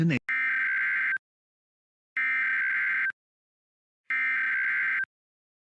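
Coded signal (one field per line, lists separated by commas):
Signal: Emergency Alert System (SAME) tones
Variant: header bursts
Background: speech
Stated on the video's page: Fictional EAS scenario about a blizzard.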